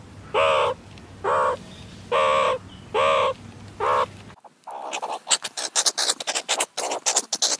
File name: Meerkat Sounds Pictures Learn The Sound A Meerkat Makes Animal Sounds